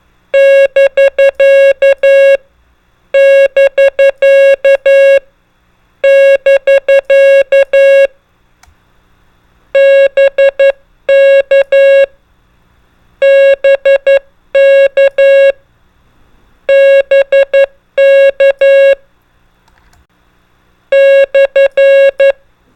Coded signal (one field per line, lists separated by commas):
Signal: Morse code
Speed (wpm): 11 wpm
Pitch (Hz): 550 Hz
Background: none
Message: <BK> <BK> <BK> BK BK BK /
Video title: Ham Radio: Morse Code Trainer | Prosigns and Most Commonly Used Abbreviations